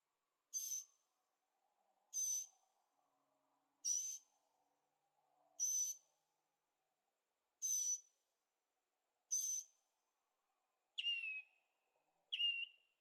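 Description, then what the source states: Bird calls: a series of high, sharp whistled notes at intervals of under two seconds, the last two lower and descending; faint low hum beneath. Several birds singing at night in Carefree, Arizona, with an occasional distant motorcycle; recorded in stereo on a Zoom H6.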